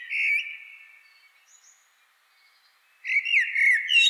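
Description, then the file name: Common blackbird song: a phrase ends in a mellow warble, then after a short silence a new fluty phrase rises into squeaky twitters. "Turdus merula"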